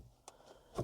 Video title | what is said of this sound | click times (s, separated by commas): Change/Remove the interior light on Citroën C3 III | You can kind of hear it snap out of the place. | 0.3 s